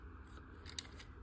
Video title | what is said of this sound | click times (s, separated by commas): TRANSFORMERS - SS from Transformers Devastation video game Ground Solider | As you can see, it's popped up right here a little bit. | 0.8 s